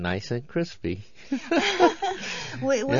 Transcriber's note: they laugh